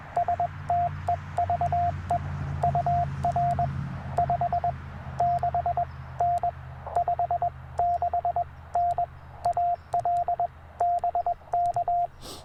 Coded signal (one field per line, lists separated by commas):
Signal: Morse code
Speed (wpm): 20 wpm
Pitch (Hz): 690 Hz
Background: radio noise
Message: STEVE UR 56N 56N AL BK